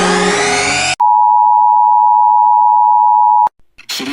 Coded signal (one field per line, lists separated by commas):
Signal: Emergency Alert System (SAME) tones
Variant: 853 and 960 Hz attention tone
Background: music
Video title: Every EAS Alarm From Around The World (3)